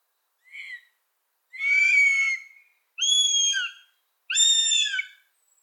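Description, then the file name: Northern goshawk young calling: a short thin note followed by three loud, drawn-out, strained whistled squeals, each about a second long, spaced about one and a half seconds apart. Young birds that have left the nest (fledglings), recorded 22 June 2014. "Habicht Accipiter gentilis Aestlinge 20140622"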